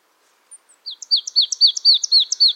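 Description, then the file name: Marsh tit calling a quick run of paired notes, a thin high note with a bright downslurred chip, repeated rapidly and building in loudness, after a few faint high notes. "Poecile palustris"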